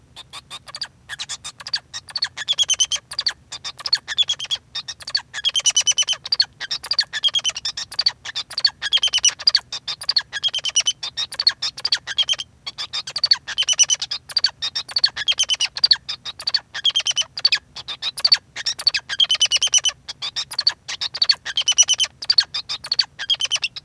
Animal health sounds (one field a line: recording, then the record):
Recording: song of a male Bengalese finch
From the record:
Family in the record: son of father 2